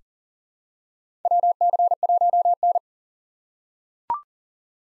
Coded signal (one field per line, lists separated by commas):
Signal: Morse code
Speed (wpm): 40 wpm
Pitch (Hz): 700 Hz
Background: none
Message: WC1N